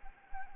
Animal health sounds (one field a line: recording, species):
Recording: mosquito wingbeat signal from an infrared sensor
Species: Anopheles arabiensis